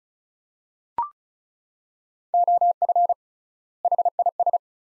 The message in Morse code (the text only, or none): OF HIS